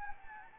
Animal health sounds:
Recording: mosquito wingbeat signal from an infrared sensor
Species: Anopheles gambiae

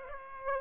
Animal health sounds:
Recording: mosquito wingbeat signal from an infrared sensor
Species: Aedes aegypti

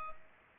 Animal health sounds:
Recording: mosquito wingbeat signal from an infrared sensor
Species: Culex pipiens

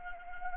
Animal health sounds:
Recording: mosquito wingbeat signal from an infrared sensor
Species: Anopheles arabiensis

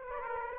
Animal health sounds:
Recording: mosquito wingbeat signal from an infrared sensor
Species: Aedes aegypti

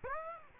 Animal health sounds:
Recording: mosquito wingbeat signal from an infrared sensor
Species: Aedes aegypti

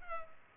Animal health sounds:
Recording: mosquito wingbeat signal from an infrared sensor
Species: Culex pipiens

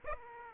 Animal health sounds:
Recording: mosquito wingbeat signal from an infrared sensor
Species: Aedes aegypti

